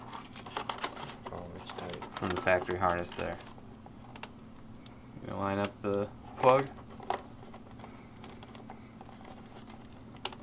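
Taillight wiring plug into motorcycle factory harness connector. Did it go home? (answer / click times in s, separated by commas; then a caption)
yes / 10.2 s. Someone talks while lining up the plug of a new LED taillight with the existing factory harness connector under the tail of a Honda Grom MSX125 motorcycle and pushing it in. A sharp click at 10.3 s marks the taillight connector seating in the harness, with faint tapping and handling sounds earlier in the clip.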